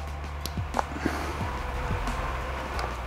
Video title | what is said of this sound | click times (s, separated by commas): 2020 Toyota Supra Coolant, Heat Exchanger, and Oil Cap Install | it in and you'll hear it snap and snaps in right there and there and it's | 0.5 s, 0.8 s